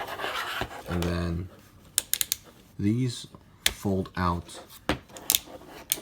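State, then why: Seated. Plastic limb parts of a Power of the Primes Voyager Grimlock transforming robot toy figure are folded out 90 degrees into their joints while someone talks, with bursts of sharp plastic clicks and rubbing. The parts snap into place with sharp, loud clicks at 5.3 and 5.4 seconds, locking them in position.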